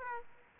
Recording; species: mosquito wingbeat signal from an infrared sensor; Aedes aegypti